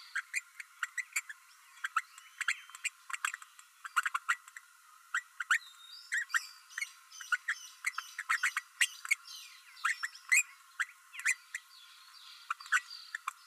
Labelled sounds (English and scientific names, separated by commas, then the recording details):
Green-rumped Parrotlet (Forpus passerinus) babbling
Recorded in a nest box in Venezuela
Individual 18B12A3